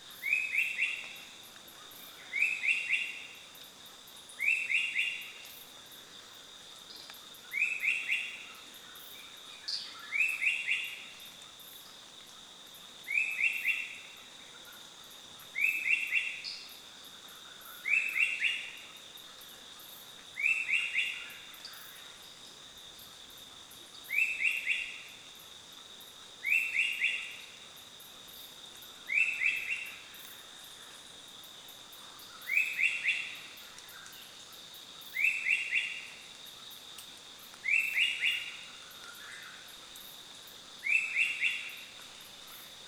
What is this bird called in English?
Dusky Long-tailed Cuckoo